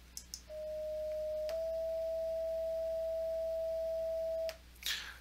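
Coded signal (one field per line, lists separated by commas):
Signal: two-tone page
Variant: fire/EMS two-tone page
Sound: a one-second steady tone, then a slightly higher steady tone for about three seconds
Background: clicks, room noise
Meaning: Alert tone that opens pagers set to these tones before dispatcher speech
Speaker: this is the sound you would normally hear before the dispatcher starts talking that's what the tone sounds like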